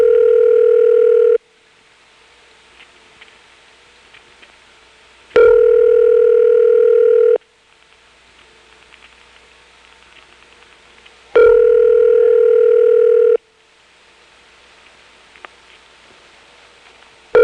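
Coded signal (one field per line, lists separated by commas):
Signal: telephone call progress tone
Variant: North America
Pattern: ringback tone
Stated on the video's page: Step-by-step and ESS telephone switching recording from Smyrna GA, 1977.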